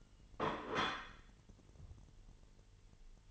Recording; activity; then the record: daily activity, microphone in the room; place plate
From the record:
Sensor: 4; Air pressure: 989.4 hPa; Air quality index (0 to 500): 212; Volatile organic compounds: 60 ppm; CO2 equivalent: 3418 ppm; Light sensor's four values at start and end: 26/91/33/35 and 26/91/33/35